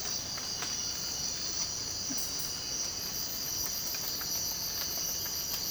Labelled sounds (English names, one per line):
none